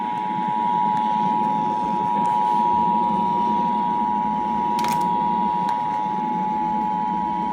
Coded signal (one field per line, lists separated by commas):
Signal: Emergency Alert System (SAME) tones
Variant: 853 and 960 Hz attention tone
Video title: NATIONAL EAS TEST (EAS #112 - #114)